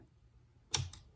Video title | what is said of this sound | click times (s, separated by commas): How to: Dirt bike fork seal replacement for a 1986 CR80 | So last little bit there, you'll hear it click. | 0.7 s